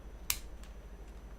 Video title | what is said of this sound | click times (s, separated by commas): What's in the box?! #2 (Portrait) | Okay, there was a little click. I released something. | 0.3 s